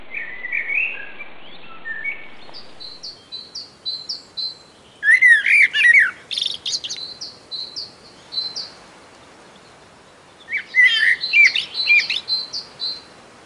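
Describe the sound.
Common blackbird singing: a low warbled opening, then high thin twitters, with two fuller fluted phrases ending in squeaky flourishes after quiet gaps.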